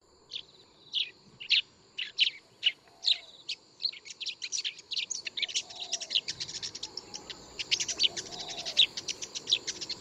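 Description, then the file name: Brown shrike calling with spaced scratchy notes that speed up into a dense, continuous grating chatter, while faint soft low notes sound in the background. "紅尾伯勞"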